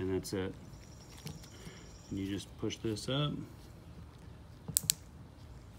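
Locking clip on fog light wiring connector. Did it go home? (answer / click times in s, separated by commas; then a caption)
yes / 4.8 s, 4.9 s. The locking clip on a fog light wiring connector, part of a headlight wiring harness install on an 88 GT convertible, is pushed up on the plastic connector while someone talks. Two sharp clicks at 4.8 s and 4.9 s mark the lock clipping into place, seated and ready to plug in.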